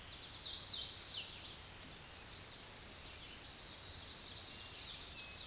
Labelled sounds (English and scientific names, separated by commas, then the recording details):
Tennessee Warbler (Leiothlypis peregrina) song
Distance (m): 40 m
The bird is about 15 m above the microphone
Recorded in a Pennsylvania forest on 16 May 2024 at 06:32
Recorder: AudioMoth, point MSD-1892
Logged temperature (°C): 14.5 °C
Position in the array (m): 73 m, 76 m